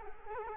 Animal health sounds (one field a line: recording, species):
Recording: mosquito wingbeat signal from an infrared sensor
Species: Culex quinquefasciatus